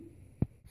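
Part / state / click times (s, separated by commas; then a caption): jigsaw blade into the saw's blade clamp / seated / 0.4 s. A new metal jigsaw blade is slid into the saw's blade clamp slot, and the clamp is turned until it clicks, locking the blade in place. A single short, low click is heard at 0.4 s against a quiet background. The blade is seated.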